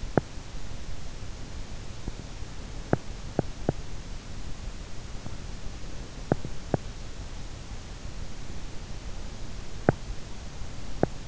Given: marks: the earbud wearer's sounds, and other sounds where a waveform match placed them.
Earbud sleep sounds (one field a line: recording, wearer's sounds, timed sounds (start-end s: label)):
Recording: sounds in sleep by an in-ear microphone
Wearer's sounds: teeth grinding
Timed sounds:
0.00-0.46 s: teeth grinding
2.74-3.75 s: teeth grinding
6.19-7.11 s: teeth grinding
9.67-11.28 s: teeth grinding